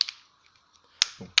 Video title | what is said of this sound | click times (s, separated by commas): Présentation du Elephone P8000 par PhoneDroid | plutôt de bonne qualité ça se clipse plutôt bien un peu mieux que le p7000 alors | 0.0 s, 1.0 s, 1.4 s